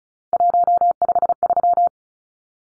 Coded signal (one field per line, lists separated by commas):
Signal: Morse code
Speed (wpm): 34 wpm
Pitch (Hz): 700 Hz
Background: none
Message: 153